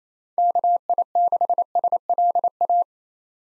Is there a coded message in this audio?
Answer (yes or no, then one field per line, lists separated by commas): yes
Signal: Morse code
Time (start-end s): 0.4-2.8 s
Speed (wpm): 28 wpm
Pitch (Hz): 700 Hz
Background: none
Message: KI6SLA